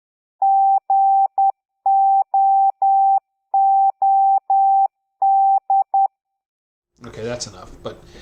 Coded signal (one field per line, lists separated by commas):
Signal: Morse code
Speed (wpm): 10 wpm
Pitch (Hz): 780 Hz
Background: speech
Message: GOOD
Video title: Ham Radio - Learning Morse code, three things to avoid for better sending